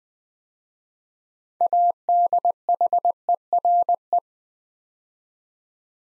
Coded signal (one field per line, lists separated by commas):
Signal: Morse code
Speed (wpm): 20 wpm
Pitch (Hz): 700 Hz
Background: none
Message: ADHERE